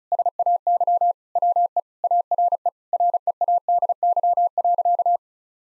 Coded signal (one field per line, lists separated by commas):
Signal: Morse code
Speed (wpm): 36 wpm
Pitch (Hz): 700 Hz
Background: none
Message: SAY WE ARE READY.